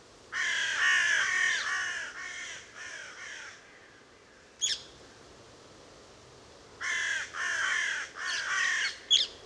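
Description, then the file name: Carrion crow cawing: a run of several harsh caws, a sharp click, then another quick series of rasping caws. "Corvus corone"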